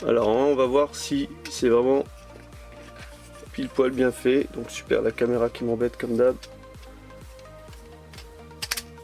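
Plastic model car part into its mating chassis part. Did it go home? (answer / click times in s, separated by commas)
yes / 8.6 s, 8.7 s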